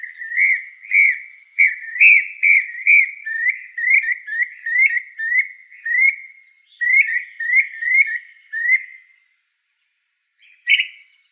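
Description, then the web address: Brown-crested flycatcher delivering a rapid run of clear whistled notes, about two per second, a long steady series, a short pause, a second shorter series, then after a gap one sharper note. Recorded in Arizona on 17 June 2003. "Flycatchers BCFL"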